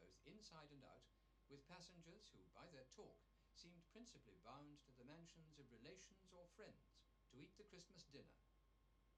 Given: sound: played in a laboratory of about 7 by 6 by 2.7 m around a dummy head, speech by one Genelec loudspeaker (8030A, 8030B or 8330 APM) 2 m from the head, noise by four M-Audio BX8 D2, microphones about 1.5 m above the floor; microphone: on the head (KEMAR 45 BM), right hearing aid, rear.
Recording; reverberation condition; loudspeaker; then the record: male speech in English; low; 30 degrees to the right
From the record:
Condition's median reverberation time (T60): about 310 ms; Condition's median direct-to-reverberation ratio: about 3.5 dB